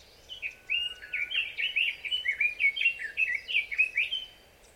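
Red-billed leiothrix delivering one continuous, lively phrase of quick up-and-down whistled notes lasting a few seconds.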